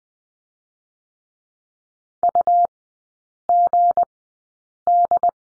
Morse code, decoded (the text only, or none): UGD